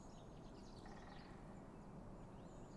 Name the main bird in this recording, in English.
Great Spotted Woodpecker